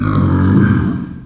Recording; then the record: squeal of a Yucatan mini pig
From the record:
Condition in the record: after surgery on the right vocal fold (resection and tissue-engineered implant); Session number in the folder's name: 13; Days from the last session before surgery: 113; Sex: female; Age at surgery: 19 weeks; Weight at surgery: 25 kg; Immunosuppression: prednisolone